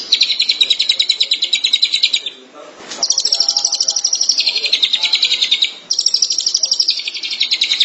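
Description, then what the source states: Long-tailed Shrike song: fast series of harsh, buzzy repeated notes in long rattling phrases, pausing briefly around two and six seconds before resuming. Local Indonesian name 'pentet'; recording labelled 201703.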